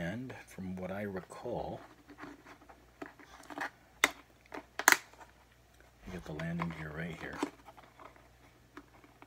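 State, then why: Not seated. Someone talks while handling the plastic landing gear of a Star Wars Black Series snowspeeder toy, fitting it toward the toy ship's hull, with brief sharp handling taps around 4.0 s and 4.9 s. Nothing has seated or clicked into place yet.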